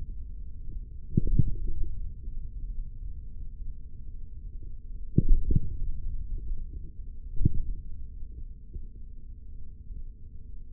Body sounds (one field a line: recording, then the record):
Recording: forearm muscle sounds (acoustic myography)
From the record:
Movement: hand closing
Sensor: system 3, bracelet of six PUI Audio POM-2738L microphones around the upper forearm, with dedicated amplification and filtering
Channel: 3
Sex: male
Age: 43 years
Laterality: right